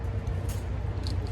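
During fall protection training, a lanyard or self-retracting lifeline snap hook is clipped onto a metal anchor point over a steady low rumble. A sharp metallic snap is heard at 1.1 seconds as the hook clicks onto the anchor and seats.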